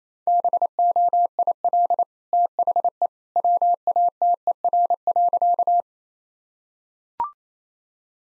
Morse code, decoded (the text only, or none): BOIL THE WATER.